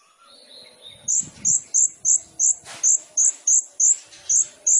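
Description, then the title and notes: Sunbird song: a steady series of high, thin, sharp notes repeated about three times a second, after a few faint softer notes at the start. Indonesian masteran training song for songbirds; vigorous (gacor) song full of fill-in phrases (isian) and bursts (tembakan), suited for luring (pancingan). "MASTERAN KOLIBRI NINJA TERBAIK FULL ISIAN DAN TEMBAKAN MEWAH COCOK BUAT PANCINGAN. Suara Burung Kolibri Ninja Gacor"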